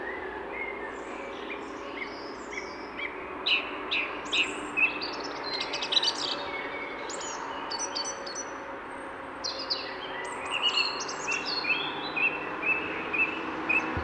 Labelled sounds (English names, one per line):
European Robin song